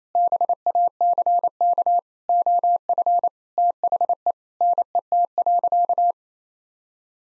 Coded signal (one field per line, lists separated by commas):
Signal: Morse code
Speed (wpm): 28 wpm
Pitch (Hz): 700 Hz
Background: none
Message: BACK OF THE NET.